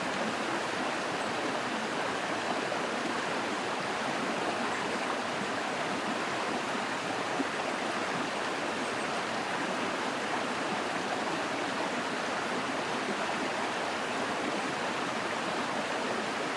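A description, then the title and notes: Lake water laps and rushes in a steady, dense wash of sound that stays even in loudness throughout, fairly bright. Lake Waves Nature Sounds Ambience.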